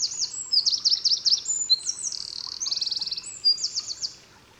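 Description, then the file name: Eurasian wren singing a fast burst of piercing notes, including a buzzy even rattle, ending abruptly after about four seconds. "Troglodytes troglodytes"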